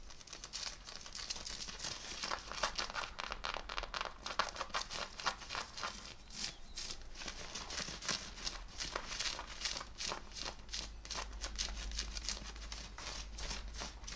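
Fabric scratching, like fingers rubbing over jeans and a shirt, makes a dense, continuous rasping hiss throughout. Rapid, irregular strokes give it a choppy texture with brighter scrapes around eight to nine seconds. A low rumble swells near the end.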